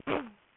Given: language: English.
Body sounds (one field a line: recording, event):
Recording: throat vibration sensor signal played as sound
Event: throat clearing